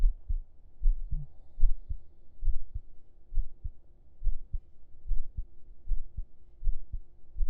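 Steady, muffled low thumps at about 71 beats a minute over a faint hum, heard with the ear laid on the chest under the shirt: an ordinary adult heartbeat.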